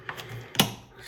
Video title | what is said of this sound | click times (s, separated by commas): How to Build a Ridemakerz Car at Home | push real hard and they'll snap right on there you'll hear a click when they snap into place just | 0.6 s